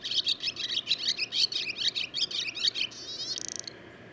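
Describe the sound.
Barn swallow song: fast, continuous twittering warble of high chirps, ending in a dry rattling buzz.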